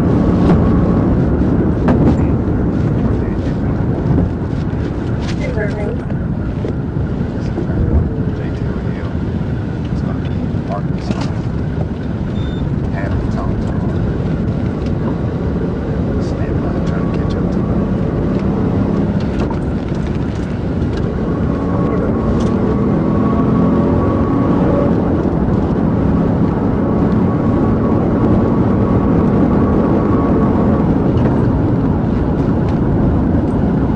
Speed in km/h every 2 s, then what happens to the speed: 159, 114, 87, 60, 34, 35, 47, 61, 74, 71, 82, 105, 121, 132, 140, 135, 111.
0-9 brakes to 34. 9-16 speeds up to 74. 19-27 speeds up to 140. 27-34 brakes to 111.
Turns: 7-10.